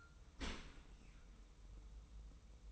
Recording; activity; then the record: daily activity, microphone in the room; open dishwasher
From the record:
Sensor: 1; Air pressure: 990.5 hPa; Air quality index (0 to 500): 180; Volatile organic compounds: 1000 ppm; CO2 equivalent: 6619 ppm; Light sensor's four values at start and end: 25/58/24/27 and 25/58/24/27